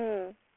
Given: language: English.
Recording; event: throat vibration sensor signal played as sound; speech